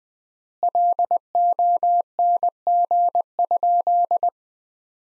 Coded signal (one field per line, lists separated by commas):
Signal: Morse code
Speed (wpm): 20 wpm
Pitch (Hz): 700 Hz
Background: none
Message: LONG?